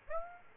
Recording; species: mosquito wingbeat signal from an infrared sensor; Aedes aegypti